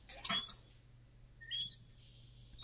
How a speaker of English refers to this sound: Give me about 5 seconds silence because I can hear all the birds and cicadas.